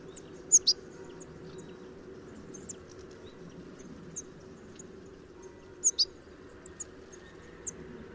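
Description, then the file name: European goldfinch uttering bright, high double chirps twice, mixed with softer scattered tinkling notes, against a persistent low hum. "Carduelis carduelis"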